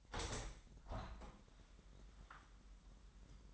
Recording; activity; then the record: daily activity, microphone in the room; open window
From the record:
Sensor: 3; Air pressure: 998.6 hPa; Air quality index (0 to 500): 144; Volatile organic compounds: 5 ppm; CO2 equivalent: 1722 ppm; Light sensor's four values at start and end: 9/22/9/10 and 9/21/9/9